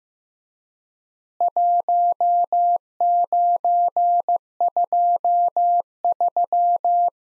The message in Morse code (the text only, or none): 1923